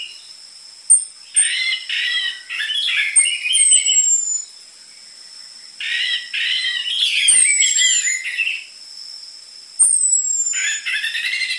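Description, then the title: Orange-headed thrush song: three bursts of jumbled, scratchy warbling with fast chattering notes, separated by short silences, while thin falling whistles recur above a constant whine. Lure recording for training caged orange-headed thrushes; prolific singing with dense fill material, suited as master song for the spotted Trotol form. "PANCINGAN Anis Merah Gacor Materi Isian Rapat Cocok Untuk MASTERAN Anis Merah TROTOL"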